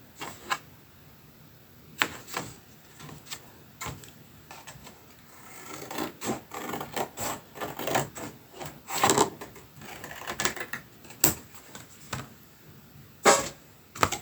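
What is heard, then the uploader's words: Scissor cuts, hole punching and ribbon handling come as a run of sharp, dry snips and clicks, sparse early on with single snaps near 0.5, 2 and 4 seconds. From about 6 to 11 seconds the cutting turns busier and rustling, and two loud snaps land near 11 and 13 seconds. Sound spa of scissor cuts, hole punching and ribboning - for mindfulness and ASMR.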